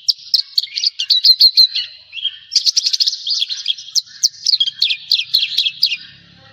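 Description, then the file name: Javan bush lark song: lively strings of sharp, high chirps and clicking notes, a short dip midway, then a fast varied burst. "suara burung branjangan jawa"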